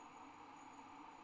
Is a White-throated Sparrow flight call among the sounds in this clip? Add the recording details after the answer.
no. No flight call is heard. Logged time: 01:28 on 30 November 2014